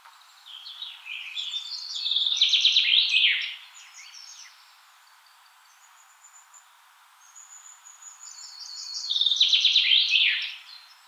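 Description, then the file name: Common chaffinch singing twice, about seven seconds apart. Each phrase is a rattling run of sharp notes ending in a falling flourish, with faint high bird calls between. "Fringilla coelebs"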